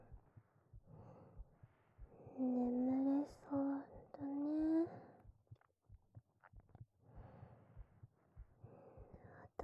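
Soft, regular low thumps of a normal adult woman's heartbeat, heard close up as if with the head resting on her chest, partly masked midway by her quiet humming.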